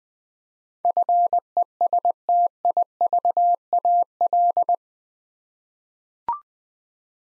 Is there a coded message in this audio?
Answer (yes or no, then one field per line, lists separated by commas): yes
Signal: Morse code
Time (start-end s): 0.8-4.7 s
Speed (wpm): 20 wpm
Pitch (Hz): 700 Hz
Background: none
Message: FESTIVAL